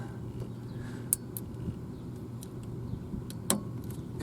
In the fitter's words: okay heard that good click